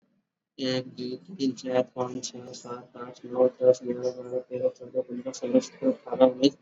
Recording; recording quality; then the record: counting at a fast pace; moderate, slight background noise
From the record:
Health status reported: exposed to COVID-19, no respiratory illness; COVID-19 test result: not tested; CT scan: not taken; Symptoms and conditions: none ticked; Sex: male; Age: 30 years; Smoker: no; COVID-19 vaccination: both doses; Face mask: worn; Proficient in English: yes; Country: India